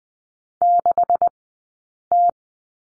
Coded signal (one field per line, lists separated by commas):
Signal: Morse code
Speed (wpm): 20 wpm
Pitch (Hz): 700 Hz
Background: none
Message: 6T